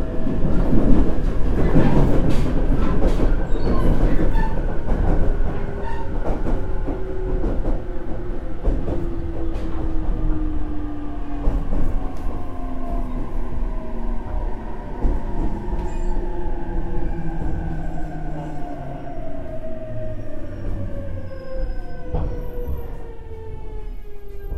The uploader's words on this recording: JR九州 817系 福北ゆたか線 吉塚から篠栗まで. It is a running sound of JR Kyushu 817 series trains. I recorded it on the local train of Fukutoku Yutaka Line (Chikuho Line). The section is from Yoshizuka to sasaguri.